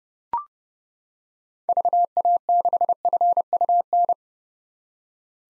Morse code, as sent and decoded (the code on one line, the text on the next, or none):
...- .- -.... ..-. ..- -.
VA6FUN